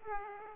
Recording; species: mosquito wingbeat signal from an infrared sensor; Aedes aegypti